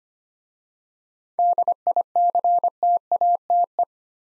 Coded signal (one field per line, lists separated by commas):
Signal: Morse code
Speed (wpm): 25 wpm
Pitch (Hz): 700 Hz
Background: none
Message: DICTATE